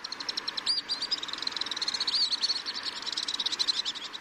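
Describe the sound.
Alpine Swift calls: dense, high trilling chatter of rapid notes, with a brief higher squeal near the start.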